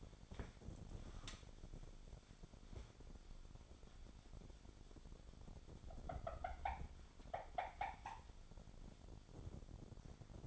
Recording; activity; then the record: daily activity, microphone in the room; wipe stove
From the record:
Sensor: 5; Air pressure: 1007.1 hPa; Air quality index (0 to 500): 174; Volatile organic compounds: 4 ppm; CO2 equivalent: 1665 ppm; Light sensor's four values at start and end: 53/149/58/59 and 53/143/57/57